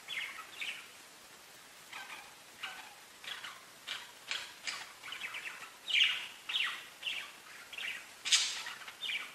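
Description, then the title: Budgerigar chirps, scattered scratchy notes becoming busier and louder in the second half, with brief squeaky bursts. "Budgie Sounds"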